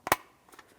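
The red plastic secondary position lock on a switch connector is pushed closed while replacing the rear shock absorbers on a 2007-2014 Ford Edge. Two sharp plastic snaps land close together at about 0.1 s, followed by a faint, quieter tick near 0.6 s. The lock tab snaps shut, and the connector is confirmed seated and secured.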